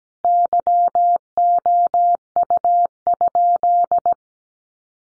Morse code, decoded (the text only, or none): YOU?